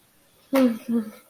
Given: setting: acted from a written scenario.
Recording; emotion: vocal sound without words; guilt